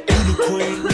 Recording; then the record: coughing mixed with background sound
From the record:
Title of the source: female coughing - coughing sound effects girl